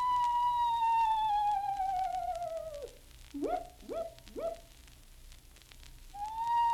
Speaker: That was an owl voicing his lonesome call in the wilderness.